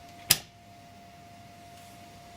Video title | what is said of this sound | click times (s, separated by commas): how to assemble a computer | push down until it clicks Oh and | 0.3 s